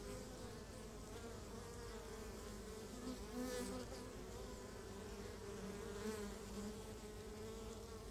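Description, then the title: Honey bee hive drone, a thick even hum of many bees with soft wavering tones and faint hiss above. Beehive at Laren, Gelderland, Netherlands, recorded 17 July 2015; not a binaural recording. "Beehive. Bijenkorf (Laren Gld., July 17th 2015)"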